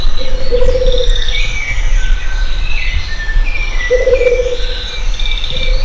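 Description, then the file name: Rufous-capped motmot: a few low hooting notes against a chorus of higher bird whistles. Itatiaia National Park, Brazil; dated 25-10-03. "Baryphthengus-ruficapillus-Itatiaia NP-Brazil-25-10-03-MD-ASilveira"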